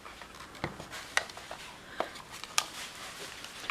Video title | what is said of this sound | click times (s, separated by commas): Stampin' Seal & Stampin' Seal + ~ Stampin' Up! New Adhesive | you hear a click sometimes oh there was a click right there hopefully you heard that so then you're ready to go | 2.6 s